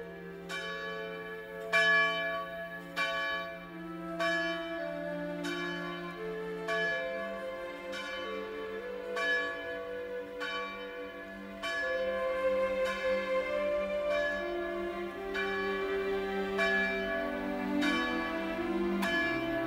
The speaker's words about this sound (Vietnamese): mới hơn 4 giờ sáng, cha đã ra nhà thờ lần hạt, chờ hồi chuông giáo đường đổ lần thứ nhất, đánh thức dân chúng dậy đi lễ.